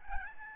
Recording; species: mosquito wingbeat signal from an infrared sensor; Aedes albopictus